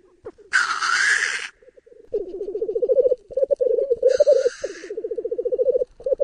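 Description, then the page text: Black grouse giving a loud drawn-out hissing sneeze, then steady bubbling cooing phrases of rapid throbbing pulses, interrupted by a second shorter hiss. "OnBird - Тетерев"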